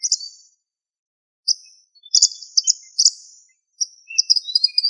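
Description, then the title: Bird song: bursts of high, rapid twittering phrases with brief trills, separated by short pauses, plus a few lower chirps. "LuckyPassaro Completos2Sama"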